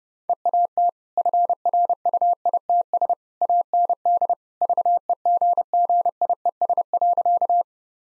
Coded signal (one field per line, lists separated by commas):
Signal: Morse code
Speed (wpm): 30 wpm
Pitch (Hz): 700 Hz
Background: none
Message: EAT FRUITS AND VEGGIES.